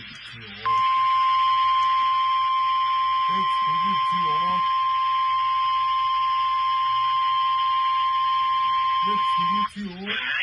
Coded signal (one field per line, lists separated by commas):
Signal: Emergency Alert System (SAME) tones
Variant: 1050 Hz attention tone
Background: speech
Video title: I JUST CAME BACK IN NEW YORK... EAS Alerts from 5/3/25 (EAS#3,518 - #3,525)